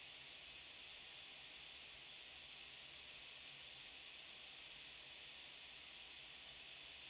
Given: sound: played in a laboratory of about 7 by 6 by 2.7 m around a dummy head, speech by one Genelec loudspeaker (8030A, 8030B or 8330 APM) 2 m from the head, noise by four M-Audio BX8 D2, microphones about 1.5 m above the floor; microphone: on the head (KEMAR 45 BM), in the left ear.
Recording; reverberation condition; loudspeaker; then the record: white noise; low; four, about 170 cm from the corners of the room and facing them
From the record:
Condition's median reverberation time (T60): about 310 ms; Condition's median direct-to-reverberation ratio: about 3.5 dB